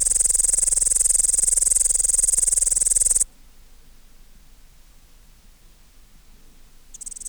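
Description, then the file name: Upland green bush-cricket song: a high rapid-pulsed trill lasting about three seconds, then near silence before a brief restart at the end. "Tettigonia cantans"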